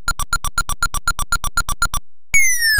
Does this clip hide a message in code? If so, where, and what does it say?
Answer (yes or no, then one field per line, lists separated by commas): no